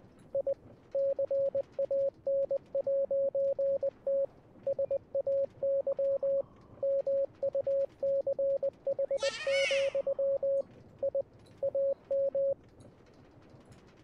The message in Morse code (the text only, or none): I CAN'T SAY MUCH, I AM